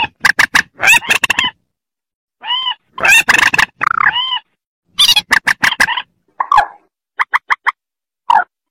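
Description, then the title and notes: Rail calls: bursts of harsh clucks mixed with nasal, harmonic notes in spaced groups, with short pauses between bouts. "Kicau Burung Mandar"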